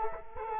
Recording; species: mosquito wingbeat signal from an infrared sensor; Culex quinquefasciatus